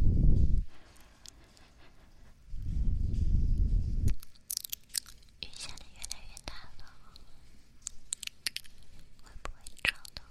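Mouth sounds with little pecking kisses. Two bursts of low rumbling open the clip, at the start and from about 2.5 to 4 seconds. After that come sharp wet clicks, smacks and crunchy pops, fast and irregular, until the end.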